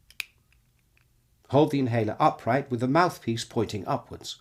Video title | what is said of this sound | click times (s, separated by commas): How to use a Breezhaler Inhaler | the inhaler close the inhaler by tilting the mouthpiece back until you hear a click | 0.2 s